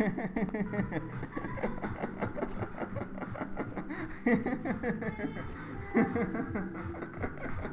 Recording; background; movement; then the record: laughter; music; walking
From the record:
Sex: male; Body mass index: 22.0 kg/m2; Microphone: on the chest, facing the body